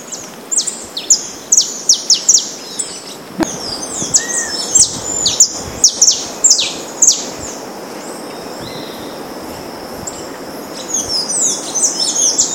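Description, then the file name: Saffron finch song: bursts of bright, downslurred chirps for several seconds, a quiet pause, then the chirping starts again. Recorded in Itatiaia National Park, Rio de Janeiro state, Brazil. "Sicalis-flaveola-PNItatiaia RJ-BR-9-1-14-ASilveira"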